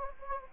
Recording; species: mosquito wingbeat signal from an infrared sensor; Anopheles gambiae